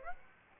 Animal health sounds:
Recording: mosquito wingbeat signal from an infrared sensor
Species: Aedes aegypti

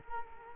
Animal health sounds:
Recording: mosquito wingbeat signal from an infrared sensor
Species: Culex quinquefasciatus

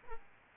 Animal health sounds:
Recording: mosquito wingbeat signal from an infrared sensor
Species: Aedes albopictus

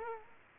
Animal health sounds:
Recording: mosquito wingbeat signal from an infrared sensor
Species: Culex quinquefasciatus

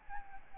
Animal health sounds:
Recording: mosquito wingbeat signal from an infrared sensor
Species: Aedes albopictus

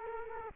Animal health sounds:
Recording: mosquito wingbeat signal from an infrared sensor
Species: Culex quinquefasciatus

